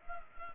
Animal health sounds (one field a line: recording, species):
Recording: mosquito wingbeat signal from an infrared sensor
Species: Culex pipiens